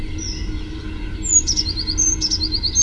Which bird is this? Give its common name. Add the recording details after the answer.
Eurasian Blue Tit. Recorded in Germany. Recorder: ecoPi